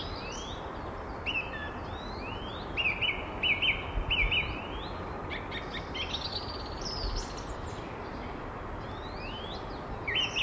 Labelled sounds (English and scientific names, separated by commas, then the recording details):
Song Thrush (Turdus philomelos) song
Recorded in the wild
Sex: male
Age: adult
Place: Erlangen, NSG Brucker Lache, Bayern, DE
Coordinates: 49.5644, 11.0131
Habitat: forest
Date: 1962-03-28
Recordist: Tretzel, Erwin